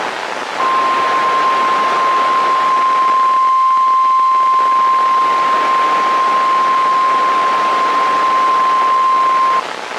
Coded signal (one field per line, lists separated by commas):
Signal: Emergency Alert System (SAME) tones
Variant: 1050 Hz attention tone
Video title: EAS 2024-2042 (7/20 - 8/17/22)